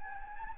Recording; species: mosquito wingbeat signal from an infrared sensor; Anopheles gambiae